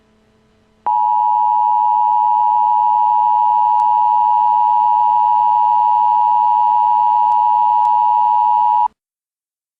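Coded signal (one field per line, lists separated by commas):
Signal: Emergency Alert System (SAME) tones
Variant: 853 and 960 Hz attention tone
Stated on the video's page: EAS mockup recreating an alert for a fictional tornado-stricken town from a 1996 film.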